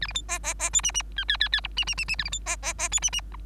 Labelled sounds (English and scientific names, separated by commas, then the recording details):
Bengalese Finch (Lonchura striata domestica) song
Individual Bird3